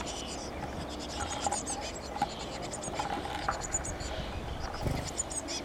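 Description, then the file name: Eurasian blue tit giving frequent high, thin, clipped notes in close succession, against background rumble and a few scratchy knocks. "Cyanistes caeruleus"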